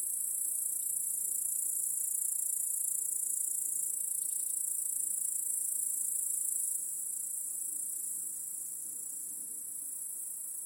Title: Crickets in Your Backyard 🏡. Discovering the Sounds of Home